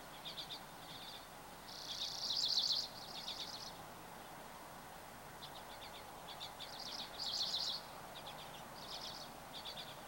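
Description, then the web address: Birds singing: scattered high chirps, then a loud buzzy trilled phrase around two seconds, quieter notes, and another rattling burst near seven seconds. Recorded 24 April 2023. "starlog birds 20230424"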